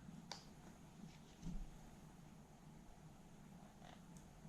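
A plastic gauge ring clipped into the face of a Nissan R35 GTR instrument cluster is pushed outward slightly while being pulled up, as part of repairing a cluster whose LEDs have failed. A sharp little click at 0.3 s is heard as its retaining clip disengages and the ring releases, followed by a fainter tick at about 4.2 s over a low, steady background rumble.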